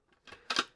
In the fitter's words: It snaps right in.